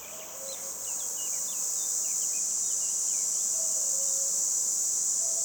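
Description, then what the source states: Red cicada buzzing, building up over the first second, then holding a steady, piercing buzz; several quick, thin bird chirps in the first half, and low cuckoo notes early and late. Recorded 22 June 2020 at 11:10 beside the road near Châtillon-en-Diois, France, at the end of spring; song starts hesitantly, then reaches full power; common cuckoo singing; Nagra recorder, omni microphone.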